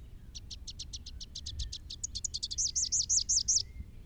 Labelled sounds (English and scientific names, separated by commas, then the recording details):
Rufous-capped Warbler (Basileuterus rufifrons) song
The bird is a male
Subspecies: rufifrons
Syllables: 24
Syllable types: 4
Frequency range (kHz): 2.8-8.3 kHz
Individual SP-R09-M